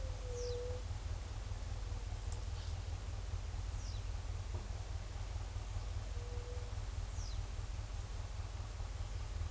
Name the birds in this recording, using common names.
White-tipped Dove, Pied Water Tyrant